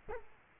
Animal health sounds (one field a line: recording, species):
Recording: mosquito wingbeat signal from an infrared sensor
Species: Culex quinquefasciatus